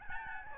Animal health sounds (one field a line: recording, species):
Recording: mosquito wingbeat signal from an infrared sensor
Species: Aedes albopictus